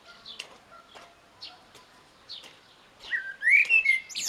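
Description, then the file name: Eurasian blackbird: after faint, scattered high chips, a loud fluted whistle begins around three seconds, sliding up and breaking into a shrill twitter. "Turdus merula"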